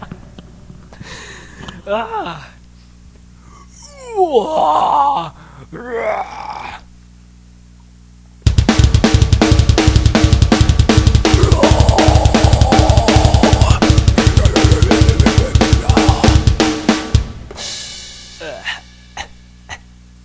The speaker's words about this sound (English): Come on, night child. Start screaming.